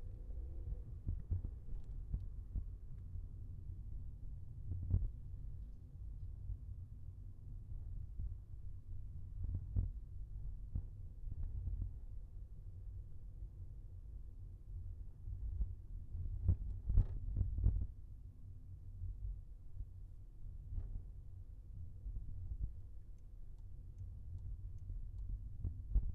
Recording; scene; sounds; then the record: everyday scene through a hearing-aid microphone; in a vehicle; engine, highway traffic jam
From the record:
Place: Skoda Fabia, gasoline engine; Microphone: behind the ear, left, front